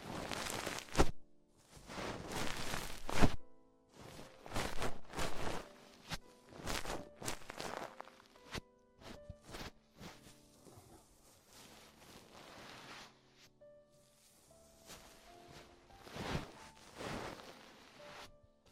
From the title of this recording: Extremely Tingly Ear Exploration